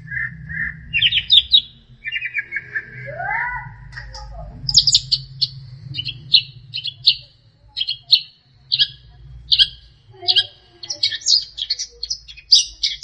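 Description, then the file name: Long-tailed shrike song opening with clear whistles and a rising slurred note, then rapid chattering phrases, over a steady low hum. Master song for training songbirds. "cendet master"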